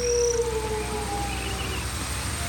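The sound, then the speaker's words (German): An eerie, distant howl over the moor holds a wavering tone that slowly slides and fades, with a faint higher whine at the start and a steady low rumble beneath. No one speaks. “Nun, die Leute hier sagen, es ist der Hund.”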